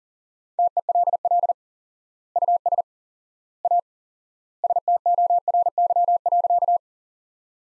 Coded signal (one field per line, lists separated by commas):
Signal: Morse code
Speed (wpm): 40 wpm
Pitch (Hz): 700 Hz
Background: none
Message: TELL US A STORY.